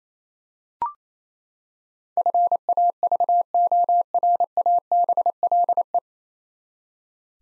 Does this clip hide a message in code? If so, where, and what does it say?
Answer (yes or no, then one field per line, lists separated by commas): yes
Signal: Morse code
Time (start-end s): 2.2-6.0 s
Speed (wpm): 28 wpm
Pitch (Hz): 700 Hz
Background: none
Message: FAVORABLE